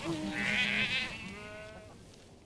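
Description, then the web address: Goat bleat: a wavering cry lasting nearly two seconds, then fading. Goats at Fort Ord, August 2020. "2020 08 goats fort ord"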